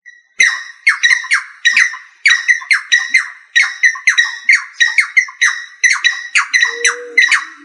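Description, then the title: Rail calls: harsh, squawking notes with a ringing edge, delivered in quick uneven bursts that repeat throughout with short gaps between them. "LuckyFamilia RallidaeFrangoSama"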